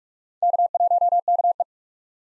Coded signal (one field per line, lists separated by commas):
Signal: Morse code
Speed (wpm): 44 wpm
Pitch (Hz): 700 Hz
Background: none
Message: K1KE